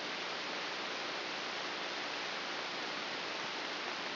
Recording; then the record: brain microelectrode recording played as sound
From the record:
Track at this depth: inside the subthalamic nucleus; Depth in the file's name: 2.004 mm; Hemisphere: left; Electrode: 2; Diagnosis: Parkinson's disease